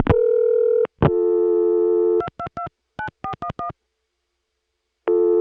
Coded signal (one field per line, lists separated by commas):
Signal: DTMF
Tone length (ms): 90 ms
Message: 2229411